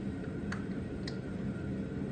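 An ignition coil boot on a 1999 Jeep Cherokee is being pushed down onto a spark plug in the engine. Over a steady low hum, two brief ticks are heard at about 0.5 s and 1.1 s. The clip ends before the coil goes home, so nothing has seated or clicked yet.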